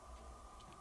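The plastic head of a Transformers War For Cybertron Kingdom Arcee action figure is turned on its neck swivel joint, whose tension is off, so the head tends to pop into a detent at about 90 degrees. Only a steady tonal hum and low rumble are heard, with faint soft ticks near 0.6–0.7 s. The head is still being handled and nothing has seated or clicked into the detent yet.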